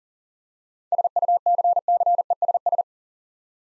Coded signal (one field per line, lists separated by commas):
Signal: Morse code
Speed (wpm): 39 wpm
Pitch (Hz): 700 Hz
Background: none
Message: SUCCESS